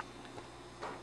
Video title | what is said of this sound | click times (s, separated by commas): JG G36 Airsoft Gun Review | Anyway, you got your 470 round magazine, clicks nicely in there. | 0.8 s